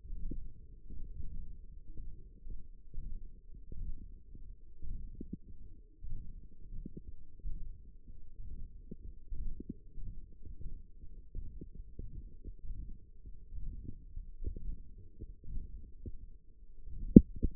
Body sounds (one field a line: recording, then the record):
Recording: forearm muscle sounds (acoustic myography)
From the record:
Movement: hook grip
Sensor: system 1, eight BSWA MPA416 microphones around the upper forearm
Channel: 2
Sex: male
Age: 23 years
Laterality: right